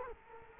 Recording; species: mosquito wingbeat signal from an infrared sensor; Culex quinquefasciatus